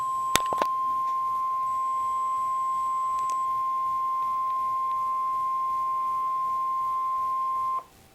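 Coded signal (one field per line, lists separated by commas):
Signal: Emergency Alert System (SAME) tones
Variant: 1050 Hz attention tone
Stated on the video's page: Real NOAA weather radio EAS alert.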